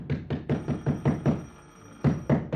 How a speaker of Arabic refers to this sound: خبط عليهم يمكن يصحوا.